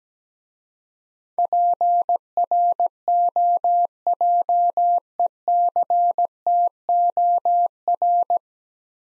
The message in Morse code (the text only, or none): PROJECTOR